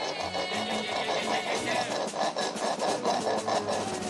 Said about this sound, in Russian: Деточкин ножовкой пилит капкан.